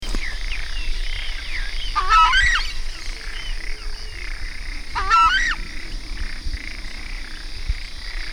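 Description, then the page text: Southern screamer giving two loud, rich, wavering honking calls about three seconds apart, with a steady high hiss and low rumble behind. Recorded in Argentina. "cantos chaja. Chajá Chauna torquata Southern Screamer"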